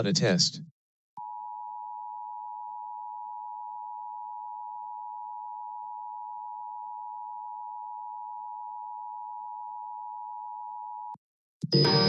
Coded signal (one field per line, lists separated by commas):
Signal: Emergency Alert System (SAME) tones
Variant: 853 and 960 Hz attention tone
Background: speech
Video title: SEASON FINALE | LIVE AM/MW DX: DX Central Live - S. 3, Ep. 28 | Friday, May 5, 2023